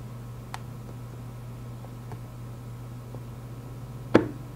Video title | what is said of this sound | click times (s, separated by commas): Fluke 77 teardown, calibration and servicing (#008) | there's the click | 4.2 s